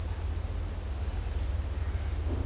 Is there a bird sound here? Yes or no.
no